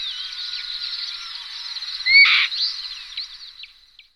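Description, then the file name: Black-winged kite call: a single sharp upslurred whistle with a grating burst, surrounded by continuous high chirps and trills of other birds. "luňák-šedý"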